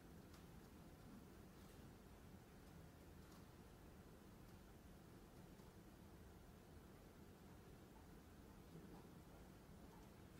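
Glasgow library ambience: a steady, dense low rumble throughout, with a few faint soft ticks and knocks scattered across it.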